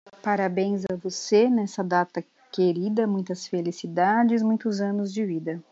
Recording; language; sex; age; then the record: short text; Brazilian Portuguese; female; 30 to 39 years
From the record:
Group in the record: control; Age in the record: 37 years